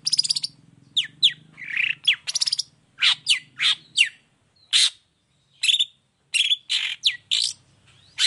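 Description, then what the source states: Long-tailed shrike song: sharp descending whistled slurs alternating with short harsh rasps, delivered in spaced phrases, with a faint low hum at first. Morning; gacor (vigorous full song) with a clear voice, 'toet toet' notes and varied sounds, said to be easy for any kind of shrike to imitate.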